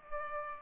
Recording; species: mosquito wingbeat signal from an infrared sensor; Culex pipiens